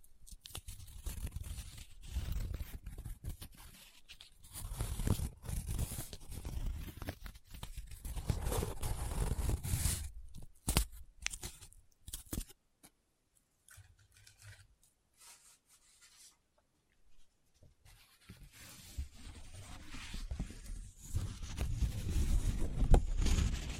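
Paper being handled close up, with rubbing, scratching and crinkling in uneven bursts. Busy activity runs through the first ten seconds, then a few sharp crackles and near silence around 11 to 18 seconds, before steadier rubbing returns and builds to the end.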